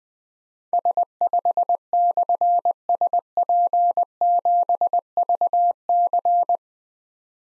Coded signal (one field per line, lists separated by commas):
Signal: Morse code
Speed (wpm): 20 wpm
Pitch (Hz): 700 Hz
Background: none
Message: S5/SP7VC